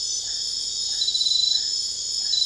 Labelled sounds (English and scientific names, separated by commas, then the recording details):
none
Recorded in dense forest near Puerto Asís, Putumayo, Colombia, on 18 February 2024 at 00:30
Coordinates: 0.500, -76.322
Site G6465